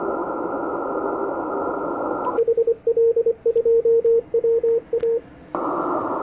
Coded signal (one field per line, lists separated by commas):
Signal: Morse code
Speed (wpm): 24 wpm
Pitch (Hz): 460 Hz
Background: radio noise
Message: HL2WA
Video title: 9XΦT, Rwanda AFRICA, 21MHz, CW, Worked by HL2WA